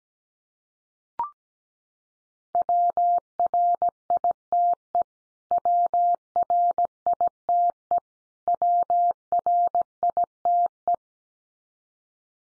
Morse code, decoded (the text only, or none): WRITE WRITE WRITE